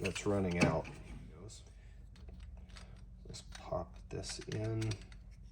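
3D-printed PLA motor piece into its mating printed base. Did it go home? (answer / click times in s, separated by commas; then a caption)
no / none. A PLA 3D-printed piece of a Halbach motor test print is handled and brought toward its mating printed base piece while someone talks, with faint light taps and rustles in between. Nothing has seated or clicked yet; the clip ends just before the part goes home.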